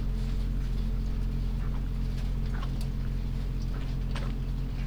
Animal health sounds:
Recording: poultry house recording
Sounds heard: sick chickens (respiratory disease)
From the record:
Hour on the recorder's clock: 23

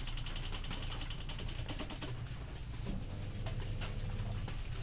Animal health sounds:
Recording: poultry house recording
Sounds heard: no chicken sound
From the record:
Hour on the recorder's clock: 19

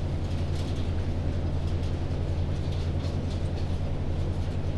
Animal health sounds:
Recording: poultry house recording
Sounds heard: no chicken sound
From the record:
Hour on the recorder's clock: 21

